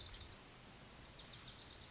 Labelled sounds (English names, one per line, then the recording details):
Wilson's Warbler
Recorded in Sonoma County, California